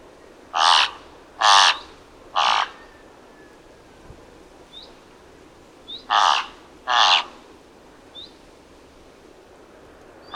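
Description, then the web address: Thick-billed raven calling with rough, broad croaking caws: three in quick succession, a pause, then two more and another starting, with faint high rising chirps between. "Thick billed raven. دانلود-صدای-پرنده-غراب-نوک-کلفت"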